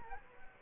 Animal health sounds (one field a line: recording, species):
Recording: mosquito wingbeat signal from an infrared sensor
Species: Culex quinquefasciatus